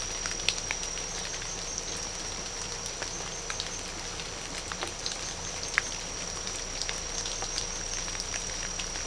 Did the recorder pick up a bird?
no